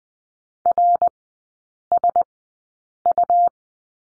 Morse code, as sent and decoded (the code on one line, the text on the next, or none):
.-. ... ..-
RSU